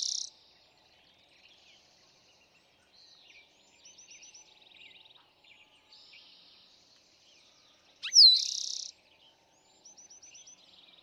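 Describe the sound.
Eastern towhee song heard once in full, a bright slurred note into a buzzing trill, amid quieter chattering and short rapid trills.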